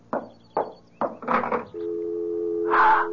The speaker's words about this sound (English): It's the dial tone. Hold on to the phone and see what happens when I walk in that door.